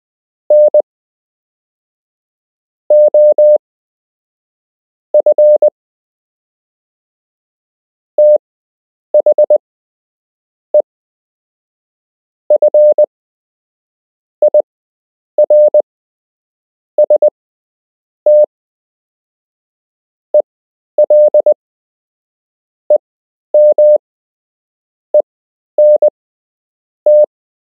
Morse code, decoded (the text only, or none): N OF THE FIRST ELEMENT